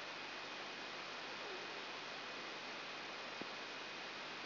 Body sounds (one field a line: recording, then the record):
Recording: brain microelectrode recording played as sound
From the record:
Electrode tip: outside the subthalamic nucleus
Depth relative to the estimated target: -3 mm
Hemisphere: left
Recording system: AlphaMap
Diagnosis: Parkinson's disease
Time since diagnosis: 14 years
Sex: female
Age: 63 years